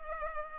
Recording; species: mosquito wingbeat signal from an infrared sensor; Culex pipiens